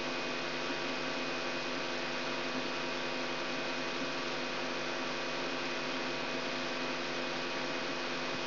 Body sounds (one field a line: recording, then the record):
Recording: brain microelectrode recording played as sound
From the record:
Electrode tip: outside the subthalamic nucleus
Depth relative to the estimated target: -3 mm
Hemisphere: right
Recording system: AlphaMap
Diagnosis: Parkinson's disease